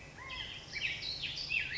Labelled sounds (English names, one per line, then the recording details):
Black-headed Grosbeak
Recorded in Sonoma County, California